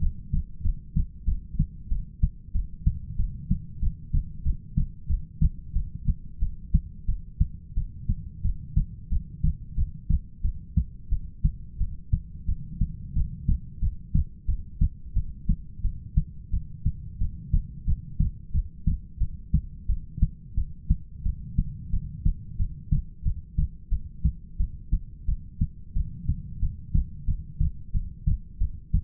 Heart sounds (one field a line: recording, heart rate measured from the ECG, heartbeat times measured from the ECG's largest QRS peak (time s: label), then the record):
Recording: heart sounds by stethoscope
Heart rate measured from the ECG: 90 bpm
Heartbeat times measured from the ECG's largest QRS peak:
0.01 s: heartbeat
0.63 s: heartbeat
1.26 s: heartbeat
1.90 s: heartbeat
2.53 s: heartbeat
3.18 s: heartbeat
3.81 s: heartbeat
4.44 s: heartbeat
5.08 s: heartbeat
5.74 s: heartbeat
6.41 s: heartbeat
7.07 s: heartbeat
7.76 s: heartbeat
8.43 s: heartbeat
9.10 s: heartbeat
9.76 s: heartbeat
10.43 s: heartbeat
11.11 s: heartbeat
11.79 s: heartbeat
12.47 s: heartbeat
13.15 s: heartbeat
13.81 s: heartbeat
14.47 s: heartbeat
15.15 s: heartbeat
15.83 s: heartbeat
16.52 s: heartbeat
17.20 s: heartbeat
17.86 s: heartbeat
18.53 s: heartbeat
19.20 s: heartbeat
19.88 s: heartbeat
20.56 s: heartbeat
21.25 s: heartbeat
21.92 s: heartbeat
22.59 s: heartbeat
23.25 s: heartbeat
23.91 s: heartbeat
24.59 s: heartbeat
25.27 s: heartbeat
25.95 s: heartbeat
26.61 s: heartbeat
27.27 s: heartbeat
27.93 s: heartbeat
28.60 s: heartbeat
From the record:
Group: heart failure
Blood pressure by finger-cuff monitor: 104/68 mmHg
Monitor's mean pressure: 80 mmHg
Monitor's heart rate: 91 bpm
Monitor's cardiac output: 7.6 L/min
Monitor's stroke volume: 83 mL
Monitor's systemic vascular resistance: 770 dyn s/cm5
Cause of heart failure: ischemic heart disease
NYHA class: 1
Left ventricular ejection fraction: 38%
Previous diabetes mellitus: present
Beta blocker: bisoprolol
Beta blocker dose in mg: 15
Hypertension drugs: sacubitril-valsartan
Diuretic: furosemide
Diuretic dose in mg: 20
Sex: male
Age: 33 years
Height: 172 cm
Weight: 78.5 kg